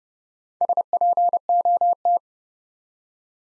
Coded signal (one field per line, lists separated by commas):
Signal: Morse code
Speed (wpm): 29 wpm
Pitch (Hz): 700 Hz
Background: none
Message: SPOT